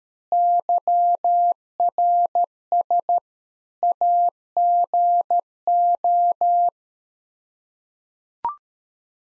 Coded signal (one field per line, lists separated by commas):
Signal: Morse code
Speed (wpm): 13 wpm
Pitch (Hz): 700 Hz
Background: none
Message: YRS AGO